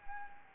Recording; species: mosquito wingbeat signal from an infrared sensor; Anopheles gambiae